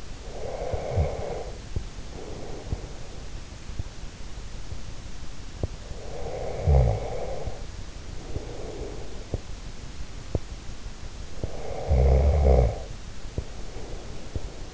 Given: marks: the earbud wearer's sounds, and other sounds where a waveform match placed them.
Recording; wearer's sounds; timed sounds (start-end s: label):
sounds in sleep by an in-ear microphone; breath, teeth grinding, snoring breath
0.26-3.01 s: breath
1.62-1.92 s: teeth grinding
5.42-5.80 s: teeth grinding
5.80-9.13 s: snoring breath
9.13-10.51 s: teeth grinding
11.22-14.71 s: snoring breath